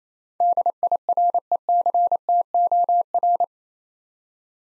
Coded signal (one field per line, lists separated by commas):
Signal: Morse code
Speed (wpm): 28 wpm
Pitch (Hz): 700 Hz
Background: none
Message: DIRECTOR